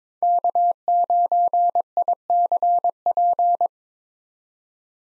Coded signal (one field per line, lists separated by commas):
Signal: Morse code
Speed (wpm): 21 wpm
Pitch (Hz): 700 Hz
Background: none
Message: K9ICP